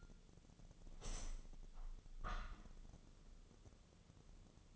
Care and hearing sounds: daily activity, microphone in the room; open window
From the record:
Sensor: 4

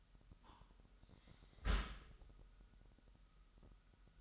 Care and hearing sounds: daily activity, microphone in the room; close dishwasher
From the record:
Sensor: 3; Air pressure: 998.2 hPa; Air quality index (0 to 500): 151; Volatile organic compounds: 5 ppm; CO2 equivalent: 1806 ppm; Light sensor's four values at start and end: 13/38/15/14 and 13/38/15/14

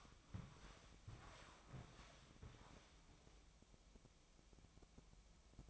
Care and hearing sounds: daily activity, microphone in the room; walk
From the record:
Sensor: 1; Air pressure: 1000.6 hPa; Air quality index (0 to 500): 170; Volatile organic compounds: 4 ppm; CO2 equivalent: 1574 ppm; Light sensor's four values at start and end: 16/38/16/19 and 16/39/16/19

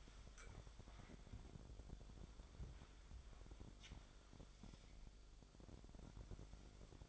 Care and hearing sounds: daily activity, microphone in the room; wipe stove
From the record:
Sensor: 5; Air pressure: 1007.2 hPa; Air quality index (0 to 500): 173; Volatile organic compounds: 4 ppm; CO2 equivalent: 1654 ppm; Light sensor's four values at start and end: 52/143/57/57 and 53/145/57/58

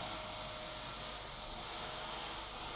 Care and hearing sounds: daily activity, microphone in the room; vacuum cleaning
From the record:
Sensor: 5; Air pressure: 992.0 hPa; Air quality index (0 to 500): 175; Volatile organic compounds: 621 ppm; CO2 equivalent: 4959 ppm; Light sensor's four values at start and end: 30/104/38/41 and 30/104/38/41

